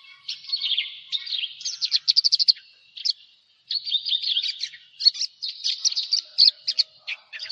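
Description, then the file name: Javan bush lark in a continuous run of high buzzy, twittering notes and quick trills, briefly pausing before resuming the jumbled song. "suara burung branjangan jawa"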